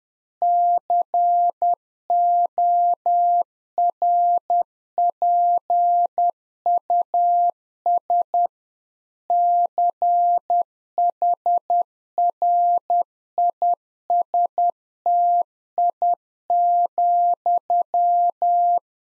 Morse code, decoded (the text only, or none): CORPUS CHRISTI,